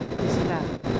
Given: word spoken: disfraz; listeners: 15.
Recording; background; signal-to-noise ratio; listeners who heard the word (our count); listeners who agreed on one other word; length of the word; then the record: one Spanish word in noise, from a listening test; noise modulated by three-talker babble; -7.6 dB; 0 of 15; 7 of 15; 0.60 s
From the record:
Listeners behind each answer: 7, 3, 2, 1, 1, 1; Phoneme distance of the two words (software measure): 41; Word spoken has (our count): 2 syllables, 7 phonemes, stress on syllable 2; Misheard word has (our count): 2 syllables, 4 phonemes, stress on syllable 1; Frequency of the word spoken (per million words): 4.94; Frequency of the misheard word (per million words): 1565.57